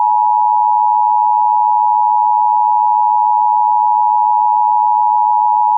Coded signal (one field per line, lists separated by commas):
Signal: Emergency Alert System (SAME) tones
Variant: 853 and 960 Hz attention tone